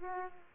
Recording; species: mosquito wingbeat signal from an infrared sensor; Aedes aegypti